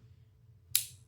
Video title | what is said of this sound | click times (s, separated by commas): Head 2 Head - Victorinox Spirit X vs Leatherman Arc | that snaps that piece home. | 0.8 s